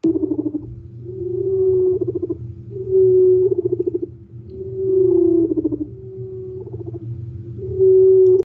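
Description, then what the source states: Insect chorus of several males, tonal hums broken by pulsed buzzy bursts in repeated bouts over a steady low hum. Four males chorusing on a potted plant in the lab; such chorusing occurs in aggregations of 50 or more on a single half-meter stem.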